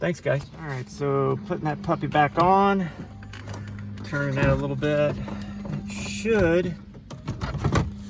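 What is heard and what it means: A glove box assembly from a 2004 Porsche Cayenne is being refitted to the car's dashboard and turned slightly while someone talks, with light handling taps and knocks around 3.3 to 3.8 seconds and again from 7.1 to 7.8 seconds. The clip ends before the glove box goes home, and nothing has seated or locked into place yet.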